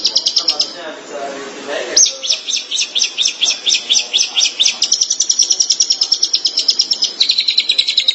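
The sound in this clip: Shrike song: after a brief chattering start, a fast run of sharp high notes pulses several times a second, later turning into a denser buzzy trill.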